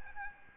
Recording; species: mosquito wingbeat signal from an infrared sensor; Aedes albopictus